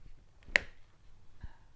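A Cardo Scala Rider Freecom 4 motorcycle intercom unit is clipped quickly into its plastic helmet-mounted cradle in a fast first demonstration. A faint tick at 0.4 s is followed by a sharp, bright snap at 0.6 s as the unit seats, then a soft low thump near 1.4 s. The unit is seated in the cradle.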